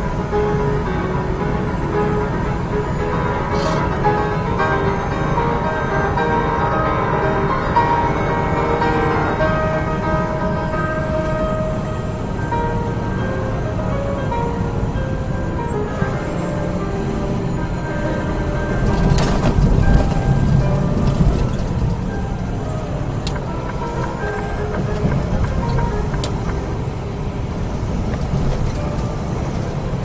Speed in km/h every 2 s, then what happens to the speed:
101, 101, 101, 101, 101, 98, 95, 89, 85, 82, 74, 69, 68, 69, 69.
0-9 steady at about 101. 9-21 slows to 69. 21-30 steady at about 69.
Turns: none.